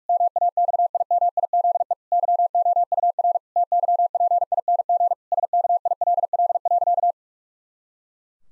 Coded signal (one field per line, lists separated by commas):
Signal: Morse code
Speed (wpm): 46 wpm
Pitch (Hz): 700 Hz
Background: none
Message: MAXIMIZE YOUR TYPING SKILL.